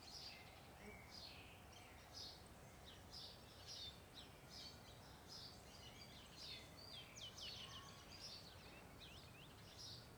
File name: Ambiencia parque olhos dagua com passaros, vozes e passa uma moto no final